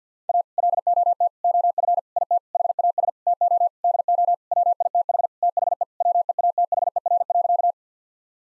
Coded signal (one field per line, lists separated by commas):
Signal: Morse code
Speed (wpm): 49 wpm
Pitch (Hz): 700 Hz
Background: none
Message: A LOT OF IT HAS TO DO WITH THE WEATHER.